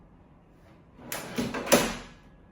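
After the blue release switch is pressed, the metal bed rail is pushed with a little force into the car bed platform frame, giving a sliding scrape with loud impact clicks at 1.1 s and 1.7 s. The rail is seated in the frame.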